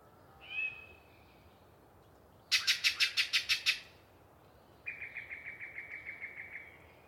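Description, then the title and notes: Yellow-breasted chat song with a short whistle, then a fast grating rattle of about seven notes, and after a pause a long, even series of pulsed notes. Long pre-dawn song from a particularly chatty bird in deciduous cover. "A Very Chatty Yellow-breasted Chat. A particularly chatty Yellow-breasted Chat provides us a long pre-Dawn soliloquy while hanging out in some deciduous coverage. Nearby Pied-billed Grebe and cattle make the occasional appearance. An AmericanRobin even makes a brief appearance just before First Light"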